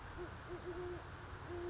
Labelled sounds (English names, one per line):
Great Horned Owl